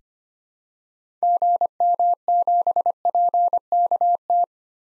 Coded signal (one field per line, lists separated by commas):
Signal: Morse code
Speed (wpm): 25 wpm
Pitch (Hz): 700 Hz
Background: none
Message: GM7PKT